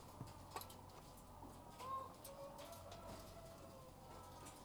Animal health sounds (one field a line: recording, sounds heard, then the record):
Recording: poultry house recording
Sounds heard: sick chickens (respiratory disease)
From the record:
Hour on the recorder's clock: 12